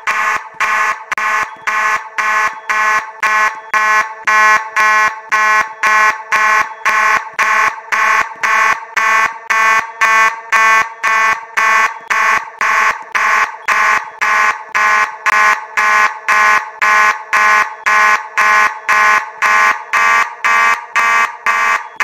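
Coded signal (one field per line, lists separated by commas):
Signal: alarm pattern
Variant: fast march time horn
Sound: buzzy fire alarm horn pulsing rapidly, about two blasts per second, nonstop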